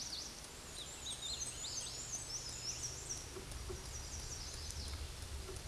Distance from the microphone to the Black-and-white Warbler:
about 35 m